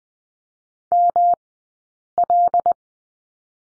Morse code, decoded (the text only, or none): ML